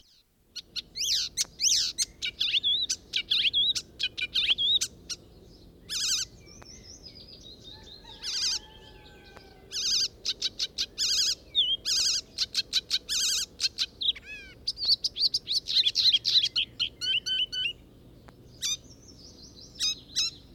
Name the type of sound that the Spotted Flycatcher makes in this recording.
song